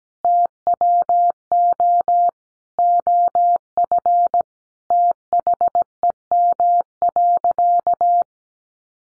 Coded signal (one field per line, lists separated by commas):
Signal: Morse code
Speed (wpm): 17 wpm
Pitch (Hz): 700 Hz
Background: none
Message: TWO OF THEM.